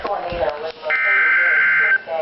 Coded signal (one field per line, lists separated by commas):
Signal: Emergency Alert System (SAME) tones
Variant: header bursts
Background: speech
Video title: Tornado Warnings (EAS #358 and #359)